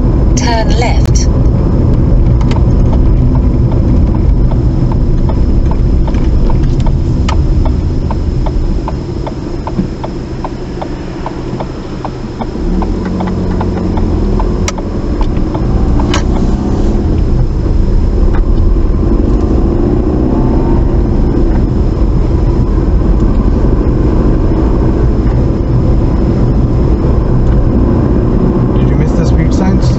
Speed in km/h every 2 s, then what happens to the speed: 42, 35, 24, 13, 3, 2, 10, 16, 19, 29, 35, 40, 44, 48, 52.
0-10 brakes to 2. 10-30 pulls away to 52.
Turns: 10-15.